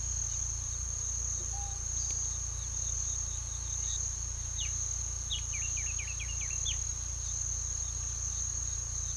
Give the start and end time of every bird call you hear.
[1.45, 1.75] bird call (0.6-1.3 kHz)
[4.50, 6.81] bird call (1.1-4.8 kHz)

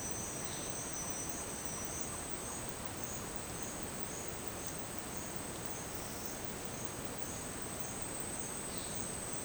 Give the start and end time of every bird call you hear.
[0.36, 0.72] bird call (2.9-5.2 kHz)
[1.64, 3.05] bird call (0.5-1.8 kHz)
[8.66, 8.99] bird call (2.9-5.6 kHz)

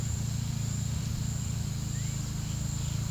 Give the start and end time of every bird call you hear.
[1.92, 2.33] bird call (1.0-2.6 kHz)

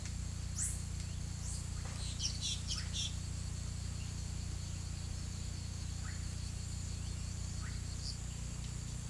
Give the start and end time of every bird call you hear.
[2.02, 3.15] bird call (1.9-7.3 kHz)

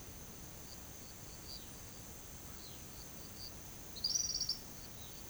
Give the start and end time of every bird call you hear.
[3.97, 4.56] bird call (3.2-6.6 kHz)

